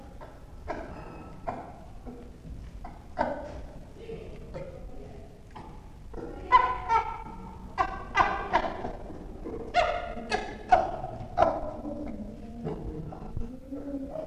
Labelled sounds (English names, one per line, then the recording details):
Chimpanzee
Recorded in captivity
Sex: diverse
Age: adult
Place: Tierpark Berlin, Berlin, DE
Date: 1966-04-06
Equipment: Grundig TK 1 Luxus
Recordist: unbekannt, keine Angabe